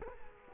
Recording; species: mosquito wingbeat signal from an infrared sensor; Culex quinquefasciatus